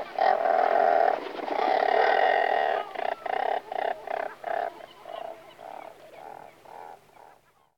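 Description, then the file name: Razorbill growling calls: two long, low, harsh growls, then a run of shorter grunting pulses that fade away. "Alka mala Alca torda"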